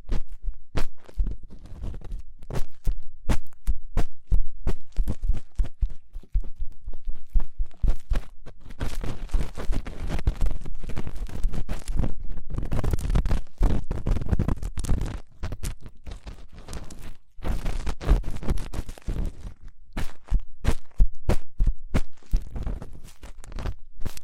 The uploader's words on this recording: ASMR Fast & Intense Ear Cleaning 3Dio (No Talking).